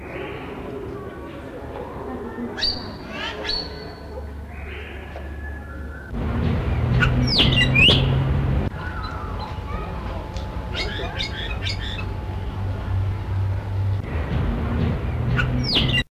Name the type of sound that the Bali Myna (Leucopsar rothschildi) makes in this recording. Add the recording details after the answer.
call. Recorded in captivity. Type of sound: call. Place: Zoo Basel, CH. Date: 1968-07-19. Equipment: Halbspur, 9,5 cm/s. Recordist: Lütgens, Hans. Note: Rufe